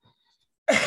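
After near silence, a single sudden harsh burst of a cough starts and is cut off within a fraction of a second. It is a dry, isolated cough from an adult woman with mild COVID-19, a second booster two weeks earlier and type 2 diabetes, whose severe sore throat on the first day eased and who had a scratchy throat at onset.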